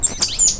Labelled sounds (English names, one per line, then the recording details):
Stitchbird song
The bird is a male
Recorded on Tiritiri Matangi Island, New Zealand, in 2005
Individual 1, of nest box 1